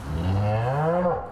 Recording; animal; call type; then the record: contact call of a hoofed animal; cattle; low-frequency (closed-mouth) or high-frequency (open-mouth) call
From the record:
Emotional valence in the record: negative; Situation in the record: full separation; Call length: 1.31 s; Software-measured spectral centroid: 1180 Hz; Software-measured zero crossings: 1000 a second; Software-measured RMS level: -24 dBFS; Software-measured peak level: -12 dBFS